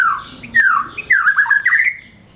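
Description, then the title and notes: White-rumped shama song: a few rich whistled phrases sliding around mid pitch, with a harsh squawky note, then fading near the end. Song used as a master (masteran) for training caged songbirds. "Suara Kicau Burung Murai Batu. burung murai buat masteran"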